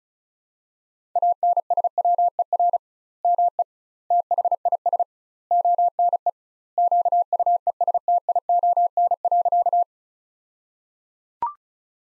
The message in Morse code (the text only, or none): ANSWER ME THIS ONE QUESTION.